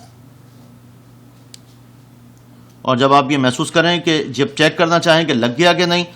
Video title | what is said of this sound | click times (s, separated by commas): How to change front glass of iphone 3gs in Hindi/Urdu/Punjabi. | फिर वह कभी भी नहीं लगे हल्की सी क्लिक की आवाज आएगी जब यह पकड़ लेगा तो | 1.5 s